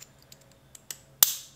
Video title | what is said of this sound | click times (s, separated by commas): INSTALLING 60% STIFFER CLUTCH SPRINGS ON MY GROM! | should hear it click just like that okay | 1.2 s